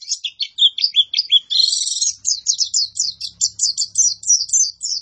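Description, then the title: White-eye singing a fast, high-pitched chattering song, jumbled twitters giving way to a steady run of repeated sweeping notes. Cage-bird training recording (masteran) of a vigorously singing (gacor) white-eye. "Pleci Gacor. Masteran Burung PLECI"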